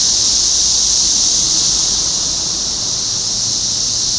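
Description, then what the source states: Cicada chorus, a short stretch of constant sharp high buzzing with a faint low hum below. Topeka, Kansas, 14 June 2015.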